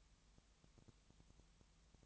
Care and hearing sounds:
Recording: daily activity, microphone in the room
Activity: no activity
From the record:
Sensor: 3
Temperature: 20.6 degrees Celsius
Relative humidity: 34.7%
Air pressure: 1007.2 hPa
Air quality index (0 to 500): 136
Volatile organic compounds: 3 ppm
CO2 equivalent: 1519 ppm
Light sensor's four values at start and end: 2/3/2/2 and 2/3/2/2

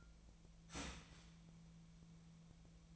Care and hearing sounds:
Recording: daily activity, microphone in the room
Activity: start toaster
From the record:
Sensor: 1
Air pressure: 1009.3 hPa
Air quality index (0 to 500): 196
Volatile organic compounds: 19 ppm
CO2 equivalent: 2672 ppm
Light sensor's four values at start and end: 28/71/29/35 and 28/71/29/35

